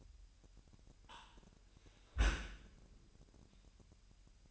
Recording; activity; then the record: daily activity, microphone in the room; close dishwasher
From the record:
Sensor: 2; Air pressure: 998.2 hPa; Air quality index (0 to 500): 147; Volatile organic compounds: 4 ppm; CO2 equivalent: 1665 ppm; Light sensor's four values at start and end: 10/30/12/11 and 10/30/12/11